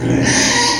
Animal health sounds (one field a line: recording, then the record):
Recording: squeal of a Yucatan mini pig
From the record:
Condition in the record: before surgery on the right vocal fold (resection and tissue-engineered implant)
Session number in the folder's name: 2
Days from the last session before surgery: 0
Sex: male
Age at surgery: 12 weeks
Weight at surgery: 13 kg